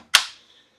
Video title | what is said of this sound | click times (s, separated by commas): Milwaukee M18 FUEL Track Saw Review—Worth the Money? | So, now we have it in the lock position. | 0.2 s